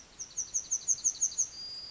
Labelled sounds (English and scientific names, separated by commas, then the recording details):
Yellowhammer (Emberiza citrinella) song
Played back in forest
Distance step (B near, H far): E
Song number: 001